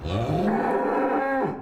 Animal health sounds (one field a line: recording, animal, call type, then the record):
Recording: contact call of a hoofed animal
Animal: cattle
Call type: low-frequency (closed-mouth) or high-frequency (open-mouth) call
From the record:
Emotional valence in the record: negative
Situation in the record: full separation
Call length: 1.61 s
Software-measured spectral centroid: 1170 Hz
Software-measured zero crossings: 1240 a second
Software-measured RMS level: -24 dBFS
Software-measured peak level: -12 dBFS